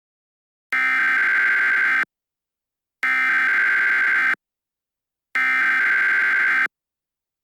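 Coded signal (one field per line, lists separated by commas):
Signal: Emergency Alert System (SAME) tones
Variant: header bursts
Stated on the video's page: Fictional EAS scenario based on Super Bowl 51.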